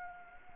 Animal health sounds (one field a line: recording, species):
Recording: mosquito wingbeat signal from an infrared sensor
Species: Anopheles gambiae